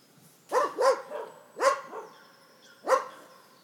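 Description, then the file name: Dog giving loud, sharp barks: a quick pair, then two more single barks about a second apart. Dog barking in a forest as a jogger passes by. "Dog Barking In Forest When Jogger Passend By"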